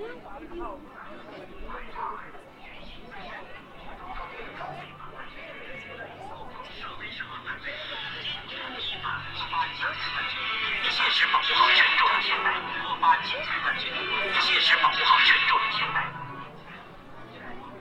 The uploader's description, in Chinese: 重庆洪崖洞